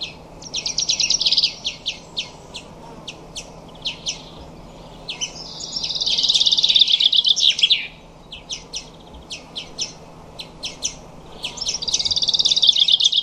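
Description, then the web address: Bird song of high, rapid trills and bursts of twittering phrases, broken by separate sharp chips; a low steady hum sits underneath. "Deverinetal 2025"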